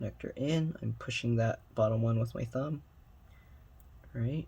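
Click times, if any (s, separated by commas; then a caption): none. A display flex-cable connector is pressed with a thumb onto its logic board socket during an iPhone SE screen replacement, while someone talks. Only faint, quiet handling noise sits between the speech, and the connector has not clicked or latched; it looked seated, but no click was felt, so it is reopened to try again.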